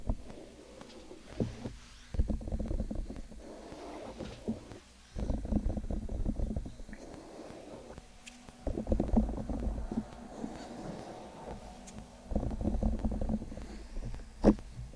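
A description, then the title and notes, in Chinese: Ear-cleaning and massage sounds come in dense, crackly rubbing bursts of a few seconds each, separated by quieter pauses, with occasional sharp clicks. 梵天掏耳和按摩。3D按摩与掏耳一起来。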